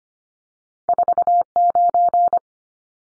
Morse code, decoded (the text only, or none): 49